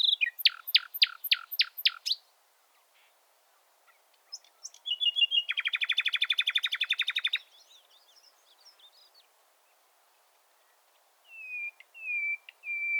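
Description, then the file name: Common nightingale song: rapid tall sweeping notes, then a fast rattling trill of repeated notes, a pause, and a few slurred whistles near the end. "Luscinia megarhynchos"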